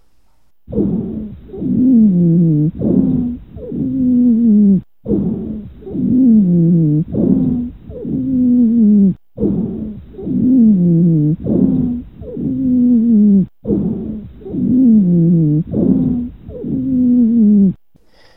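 Adult lungs heard by stethoscope: a wheeze, a whistling, musical sound, relatively continuous compared with crackles and lasting more than 200 milliseconds, recurring with the breaths. It is caused by airway narrowing and secretions.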